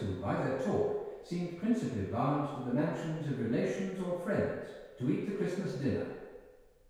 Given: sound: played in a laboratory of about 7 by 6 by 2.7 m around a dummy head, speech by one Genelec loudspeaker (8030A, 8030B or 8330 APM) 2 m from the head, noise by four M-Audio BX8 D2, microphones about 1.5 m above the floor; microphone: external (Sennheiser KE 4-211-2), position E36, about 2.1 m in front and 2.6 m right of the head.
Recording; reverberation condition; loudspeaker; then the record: male speech in English; high; 90 degrees to the right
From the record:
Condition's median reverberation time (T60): about 1300 ms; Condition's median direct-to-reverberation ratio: about -4.0 dB